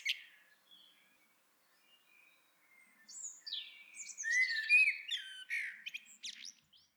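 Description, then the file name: Common blackbird song, faint at first, then a clearer phrase of slurred whistled notes running into a jumble of high, squeaky twitters. "Turdus merula"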